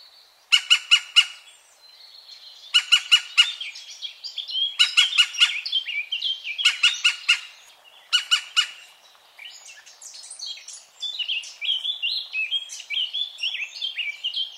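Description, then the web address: European green woodpecker calling in quick groups of several loud, ringing notes at steady intervals, with a varied warbling songbird continuing through the gaps and on after the last group. "chant xeno-canto pic vert"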